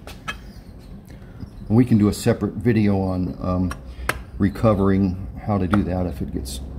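During a KLR650 doohickey and torsion spring install, a part of the inner engine case assembly is being pushed by hand into the motorcycle engine case while someone talks over it. A couple of brief sharp sounds occur near the start, at about 0.1 and 1.1 seconds. The part has not snapped into place yet, and nothing has seated or clicked.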